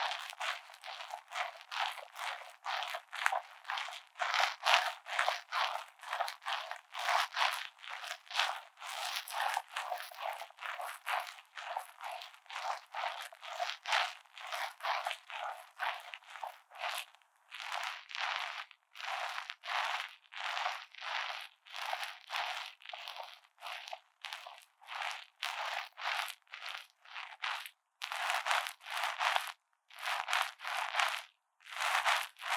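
Someone fiddles with a wired microphone in various ways, making rapid scratchy, crunching rustles that run almost without pause for the whole time. The noise is bright and thin, with no low end, and a few brief silences break it up near the middle and end.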